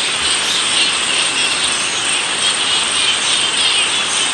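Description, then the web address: Straw-coloured fruit bats chattering in a dense, continuous wash of shrill squeaks and twitters from many animals. "earth naturelibrary assets s st straw-coloured fruit bat"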